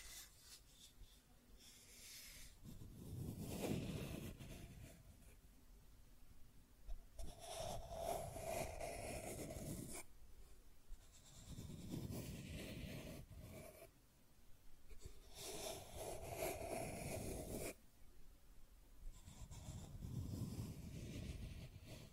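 Scratching and tracing strokes repeat in a rough cycle of about seven seconds, each pass swelling from a low rub into a bright, gritty scrape.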